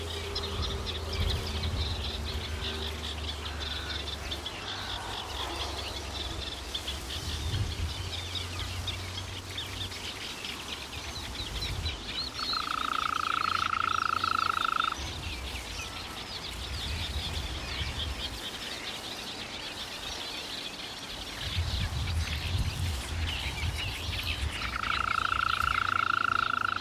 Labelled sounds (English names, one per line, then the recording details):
Eurasian Reed Warbler
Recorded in the wild
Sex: male
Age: adult
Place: Berlin, OT Karow, Berlin, DE
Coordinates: 52.6228, 13.4597
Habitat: ponds
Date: 1988-05-29 11:03
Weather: sunny, 25,5°C
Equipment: Nagra SN (Automatik), Kopie Tesla B 116
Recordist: Tembrock, Günter